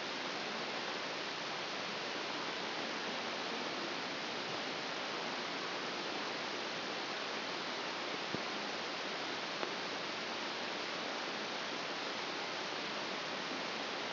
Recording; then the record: brain microelectrode recording played as sound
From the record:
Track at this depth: outside the subthalamic nucleus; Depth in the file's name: 0.246 mm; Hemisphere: left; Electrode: 3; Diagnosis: Parkinson's disease